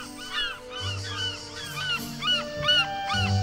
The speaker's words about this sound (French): vous envoyez les mouettes. Oui, allez, c'est parti.